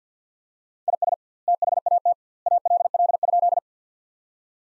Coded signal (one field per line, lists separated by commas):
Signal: Morse code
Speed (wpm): 50 wpm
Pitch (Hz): 700 Hz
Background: none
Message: IS THAT ALL?